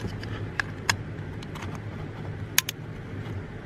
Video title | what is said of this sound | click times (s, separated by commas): My Camaro's Gas Pedal BROKE!! (Engine Power Reduced/P2138) | hear it click. | 2.6 s